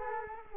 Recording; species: mosquito wingbeat signal from an infrared sensor; Culex quinquefasciatus